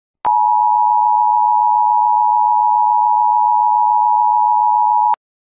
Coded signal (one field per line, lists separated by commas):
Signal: Emergency Alert System (SAME) tones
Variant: 853 and 960 Hz attention tone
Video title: Outrageous EAS - Laxative